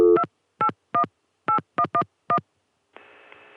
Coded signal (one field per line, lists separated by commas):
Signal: DTMF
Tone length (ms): 80 ms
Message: 2818111